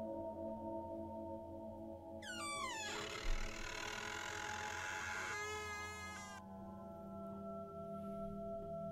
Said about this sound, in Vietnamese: Thằng tiểu quỷ giơ viên đá, búng nhẹ một cái, cái ổ khóa bỗng nhiên loáng một cái bung ra. Cánh cửa từ từ mở ra, rít lên một tiếng nghe rợn hết cả người.